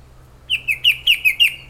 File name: shrike-babbler-blyth Pteruthius-aeralatus